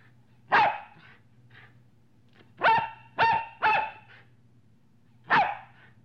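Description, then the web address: Dog giving a single bark, then a quick run of three, then one more after a pause, over a steady low hum. Medium-sized dog barking. "dog medium barking animal"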